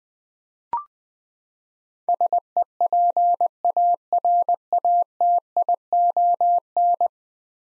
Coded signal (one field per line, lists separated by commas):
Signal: Morse code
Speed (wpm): 20 wpm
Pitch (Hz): 700 Hz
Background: none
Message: SEPARATION